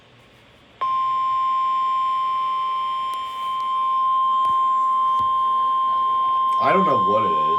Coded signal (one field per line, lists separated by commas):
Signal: Emergency Alert System (SAME) tones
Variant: 1050 Hz attention tone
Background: speech